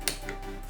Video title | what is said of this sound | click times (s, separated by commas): T-DAGGER BORA COM SWITCH GATERON! MELHORANDO O MEU TECLADO MECÂNICO PASSO A PASSO | um clique tá vendo ó vamos ficou encaixa aqui ó | 0.1 s